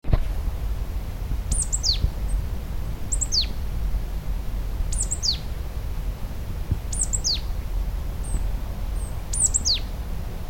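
Marsh tit calls: high, sharp notes sweeping steeply downward, often in quick pairs, given about five times throughout over a steady low rumble.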